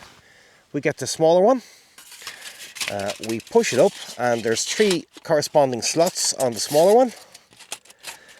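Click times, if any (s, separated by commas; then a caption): 7.7 s, 7.9 s. Someone talks while the smaller metal cone section of a 3F UL ultralight alcohol stove windscreen is pushed up onto the larger cone section so its three corresponding slots engage. Two sharp clicks at 7.7 s and 7.9 s mark the sections seating together.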